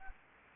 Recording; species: mosquito wingbeat signal from an infrared sensor; Anopheles gambiae